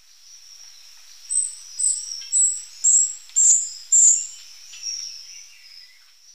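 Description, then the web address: Brown Inca calls: six sharp, very high chips spaced about half a second apart, growing a little louder, then fading away. Ecuador. "Natures Songs S America Birds of Ecuador Brown Inca"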